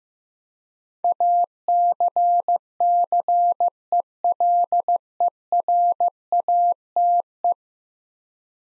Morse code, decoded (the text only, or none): ACCELERATE